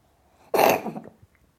BBC Cats Coughing.